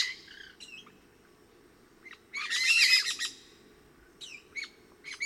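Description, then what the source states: Pyrrhura parakeet calls, scattered harsh squawks with one dense chattering burst near the middle and quiet gaps between notes. Resident flock of about 8 birds, 20-25 m up in trees within a station clearing, about 30 m away; about 12:20 p.m., partly cloudy, upper 80s.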